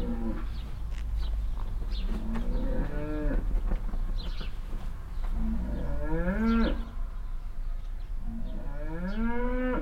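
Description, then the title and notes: Cow mooing: several rising, wavering moos, with bird chirps and low background rumble. Cow at a farmstead near a willow in Heiderscheid, mooing constantly and loudly while moving behind a bush; other cows answer more quietly; cars and birds nearby. "Heiderscheid - farmstead cow. At a farmstead nearby a willow. A constantly loud mooing cow and moves behind a bush. Other cows answer more silently"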